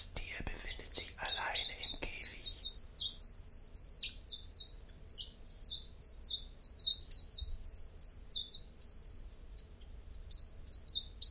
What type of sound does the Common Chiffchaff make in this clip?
song